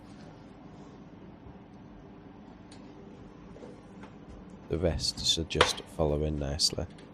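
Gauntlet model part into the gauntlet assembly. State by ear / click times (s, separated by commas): not seated / none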